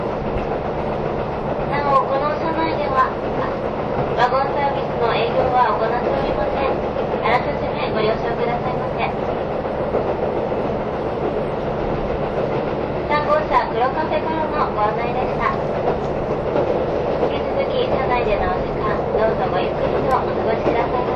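A KiHa 183 series Asoboy train runs between Kumamoto and Miyaji with a steady low engine drone and rumble at an even level. Voices chatter throughout, loudest around 2–4 and 13–18 seconds, with scattered light clicks and knocks.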